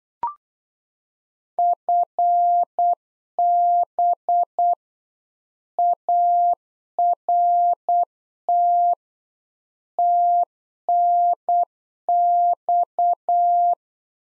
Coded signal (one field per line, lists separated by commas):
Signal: Morse code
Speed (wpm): 8 wpm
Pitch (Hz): 700 Hz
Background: none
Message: FB ART TNX